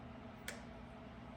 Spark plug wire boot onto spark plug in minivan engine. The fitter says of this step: push your spark plugs in until you hear them click